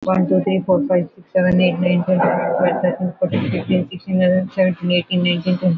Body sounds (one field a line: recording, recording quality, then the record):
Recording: counting at a fast pace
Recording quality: moderate, slight background noise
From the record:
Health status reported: recovered from COVID-19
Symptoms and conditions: none ticked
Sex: female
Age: 51 years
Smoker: not ticked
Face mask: worn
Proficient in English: yes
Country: India